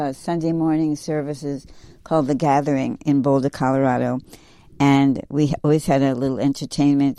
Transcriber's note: none